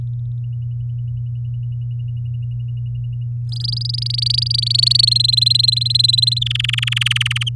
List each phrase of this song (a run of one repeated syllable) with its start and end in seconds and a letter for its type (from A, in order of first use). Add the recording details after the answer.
3.49-5.05 A, 5.07-6.39 B, 6.41-7.49 C. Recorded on 9 May 2018 at 09:46. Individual llb16